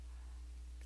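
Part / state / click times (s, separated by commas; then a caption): plastic arm of a toy robot suit into its body peg / not seated / none. A plastic toy robot suit, a Diaclone Reboot DA-26 Waruder Suit "Dark Cathode Type," is folded back into its default hammerhead form. Its arm is curled in toward the rectangular peg on its body. Quiet handling noise is heard over a low steady hum, with two brief soft sounds at 0.8 s and 0.9 s. The arm has not seated or clicked into place yet.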